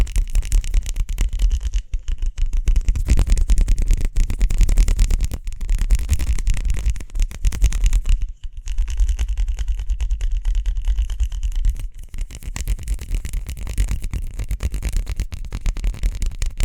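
Quick hand sounds scrub and brush in a dense, rapid flurry, like fast rubbing with a low rumble underneath. The scratchy texture runs almost nonstop, breaking off briefly around 2, 5.5, 8.5 and 12 seconds before picking up again at the same pace.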